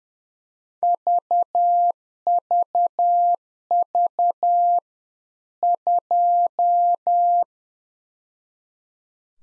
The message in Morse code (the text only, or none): VVV 2